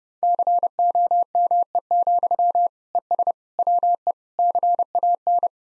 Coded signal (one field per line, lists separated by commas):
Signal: Morse code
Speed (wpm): 31 wpm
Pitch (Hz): 700 Hz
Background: none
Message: COME, ES WE CAN